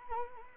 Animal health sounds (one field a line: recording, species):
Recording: mosquito wingbeat signal from an infrared sensor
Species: Anopheles arabiensis